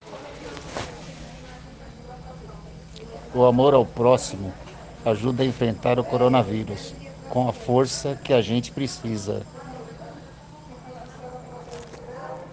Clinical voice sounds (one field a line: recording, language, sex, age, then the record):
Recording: spoken sentence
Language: Brazilian Portuguese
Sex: male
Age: 50 to 59 years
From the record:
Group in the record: respiratory insufficiency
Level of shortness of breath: 5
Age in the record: 55 years